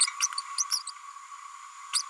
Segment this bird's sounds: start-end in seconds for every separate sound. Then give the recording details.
0.20-0.27, 0.58-0.64, 0.71-0.82, 0.87-0.91, 1.93-2.02. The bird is a female. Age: 32 days. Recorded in a nest box in Venezuela. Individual 17B102A5